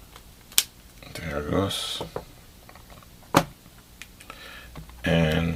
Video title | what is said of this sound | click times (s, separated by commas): How to Fix a Galaxy S3 from water damage | the cover pretty much snaps into place there | 0.6 s